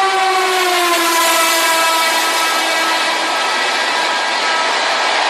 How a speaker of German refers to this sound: Wir können aber den Zug durchfahren lassen.